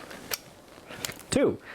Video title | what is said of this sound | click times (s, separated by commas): Fujica 690 - Texas Sized Negatives | Rotate it 180 degrees till you hear a soft click. | 1.1 s